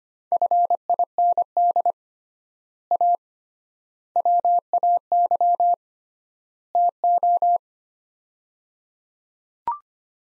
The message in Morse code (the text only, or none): FIND A WAY TO